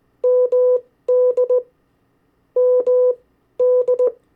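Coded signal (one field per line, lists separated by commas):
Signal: Morse code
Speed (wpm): 19 wpm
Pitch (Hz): 500 Hz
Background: none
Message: MD MD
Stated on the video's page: Morse code drill of state abbreviations at variable speeds.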